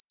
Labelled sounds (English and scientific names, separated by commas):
Lucy's Warbler (Leiothlypis luciae) flight call